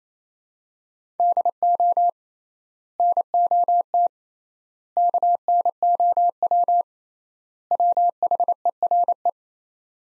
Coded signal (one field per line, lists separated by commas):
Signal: Morse code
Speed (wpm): 28 wpm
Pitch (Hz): 700 Hz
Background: none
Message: DO NOT KNOW WHERE